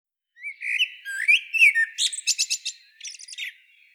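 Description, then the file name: Common blackbird warbling a melodious whistled phrase that breaks into a series of quick, sharp, high-pitched twittering notes at the end. "Turdus merula"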